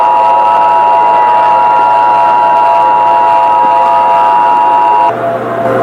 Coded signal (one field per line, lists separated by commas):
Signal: Emergency Alert System (SAME) tones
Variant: 853 and 960 Hz attention tone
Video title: EAS Scenario/Analog & Digital Horror - Crash FM Catastrophe